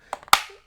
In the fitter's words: and it just clicks back into place same on the other side we checked that we've got him all lined up